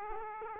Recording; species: mosquito wingbeat signal from an infrared sensor; Aedes aegypti